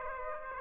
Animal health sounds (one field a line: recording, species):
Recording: mosquito wingbeat signal from an infrared sensor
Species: Aedes aegypti